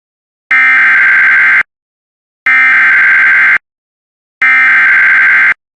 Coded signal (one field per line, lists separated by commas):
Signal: Emergency Alert System (SAME) tones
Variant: header bursts